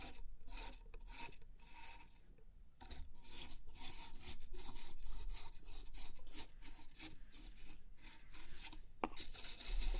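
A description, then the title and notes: Crisp scratching and rubbing across pin art tingles, dense and fairly steady with quick bright strokes, brief pauses, and a sharp tap near nine seconds. ASMR Crisp 3D Pin Art Tingles(No Talking).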